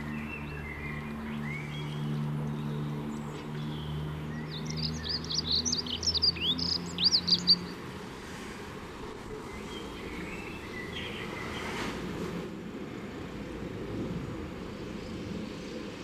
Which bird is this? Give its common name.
Common Blackbird